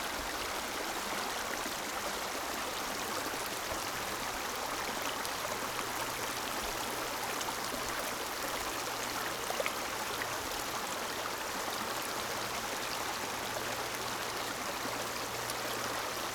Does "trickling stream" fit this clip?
yes